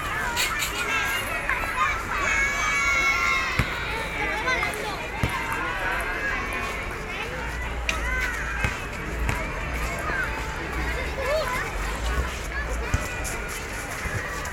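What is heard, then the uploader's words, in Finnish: Children at a playground in Barcelona chatter and call out over a steady, dense murmur of voices. Bright shouts and squeals rise in the first few seconds, and sharp knocks or thuds land around 3.5, 5, 8.5 and 12.5 seconds. Children at Playground. Kyseinen miniteos on äänitetty leikkipuistossa Barcelonassa. Tässä puistossa kotaavat sadat lapset päivittäin koulujen loputtua.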